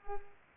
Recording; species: mosquito wingbeat signal from an infrared sensor; Culex pipiens